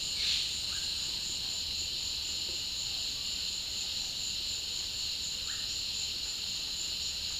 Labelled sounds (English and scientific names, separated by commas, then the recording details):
none
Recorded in dense forest near Puerto Asís, Putumayo, Colombia, on 18 February 2024 at 15:00
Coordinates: 0.502, -76.324
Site G6370